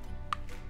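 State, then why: Seated. A small plastic light module is lined up and pressed down into the round center opening of a plastic projector frame. A single sharp, bright click sounds at 0.3 s, followed by a couple of much fainter sounds, and the module is seated in its holder.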